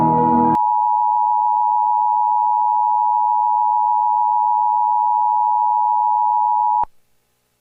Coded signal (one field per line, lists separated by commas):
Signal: Emergency Alert System (SAME) tones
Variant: 853 and 960 Hz attention tone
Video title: top 3 scary eas alarms that is true |sry I did not made like any PK XD videos but I will later😅😂